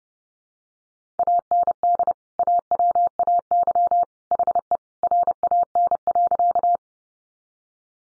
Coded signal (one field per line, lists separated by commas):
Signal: Morse code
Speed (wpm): 30 wpm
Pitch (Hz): 700 Hz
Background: none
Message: AND AWAY HE RAN.